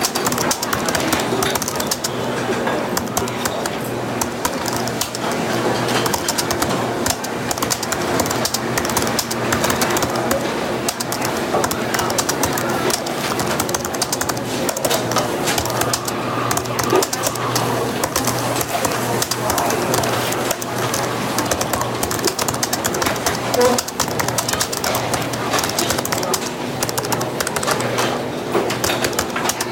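Café sounds: soft, overlapping chatter runs steadily for the whole half minute, with frequent light clinks and clatters of dishes scattered throughout. A low, constant hum sits underneath, and the overall level stays even with no pauses.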